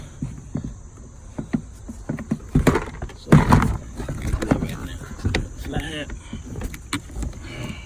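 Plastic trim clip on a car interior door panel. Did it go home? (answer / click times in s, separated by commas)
released / 6.9 s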